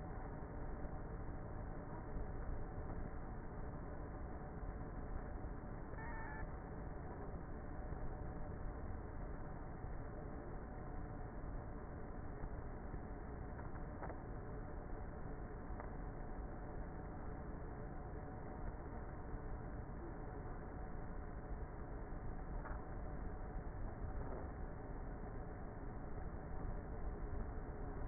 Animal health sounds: honeybee colony, microphone inside the hive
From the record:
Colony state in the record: queenless with a low population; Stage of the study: before two queens were removed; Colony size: about 30,000 bees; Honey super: no

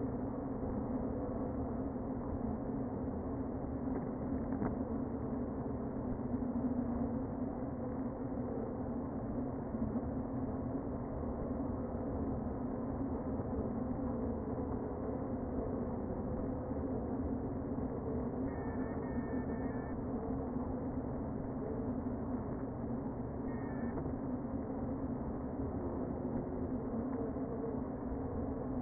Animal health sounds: honeybee colony, microphone inside the hive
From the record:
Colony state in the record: queen present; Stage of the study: before two queens were removed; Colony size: about 60,000 bees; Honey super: yes

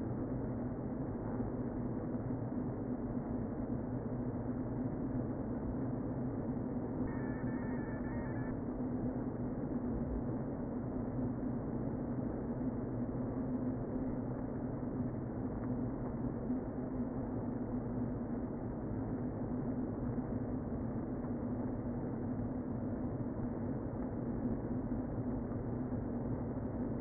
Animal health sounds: honeybee colony, microphone inside the hive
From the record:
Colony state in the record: queen present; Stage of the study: before two queens were removed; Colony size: about 60,000 bees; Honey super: yes

